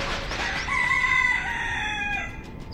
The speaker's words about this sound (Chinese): 曹解放逃得远远的，亮着嗓子打鸣。